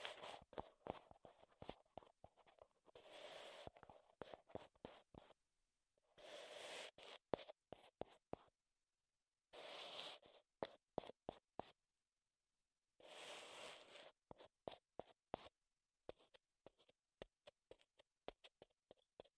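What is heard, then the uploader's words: Wooden objects tapped and scraped in quick bursts of sharp clicks, with steady rasping rubs near 3, 7, 10 and 14 seconds. ASMR Wood Triggers in Your Ears (No Talking).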